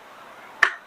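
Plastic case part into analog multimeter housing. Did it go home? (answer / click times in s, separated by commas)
yes / 0.6 s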